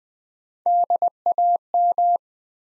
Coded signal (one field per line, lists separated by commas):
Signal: Morse code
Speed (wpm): 20 wpm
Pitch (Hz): 700 Hz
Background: none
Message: DAM